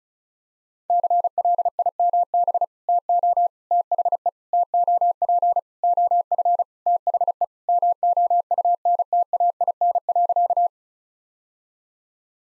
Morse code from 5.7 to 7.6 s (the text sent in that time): OF THE